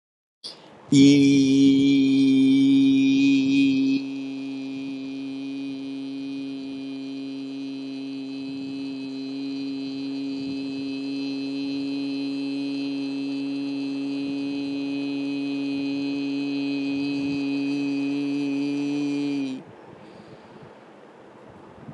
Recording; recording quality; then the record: sustained vowel as in beet; excellent, no background noise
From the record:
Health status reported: healthy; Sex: male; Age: 25 years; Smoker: yes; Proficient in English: yes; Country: India